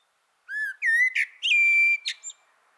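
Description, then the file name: Common blackbird phrase: a short rising whistle, a longer mellow fluted note, a sharp chirp, a sustained clear whistle, then a brief squeaky flourish. "Turdus merula"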